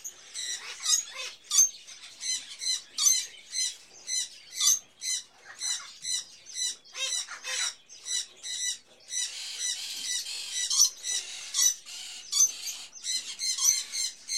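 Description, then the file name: Bird: continuous chorus of small birds, rapid high chirps and twitters repeating in pulses with constant overlapping chatter. Various birds in a pet shop, ambience. "Sound Ideas 2000 Series. Birds, Various Birds In A Pet Shop"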